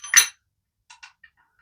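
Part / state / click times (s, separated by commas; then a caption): pushrod into engine lifter / not seated / none. A metal pushrod is handled at the lifter of an LS3 engine during rocker setup for a Crown Vic swap, before it is pushed down into the lifter seat. A short, bright metallic clatter around 0.1–0.3 s is followed by faint, light ticks near 0.9, 1.0 and 1.2 s. Nothing has seated or clicked yet.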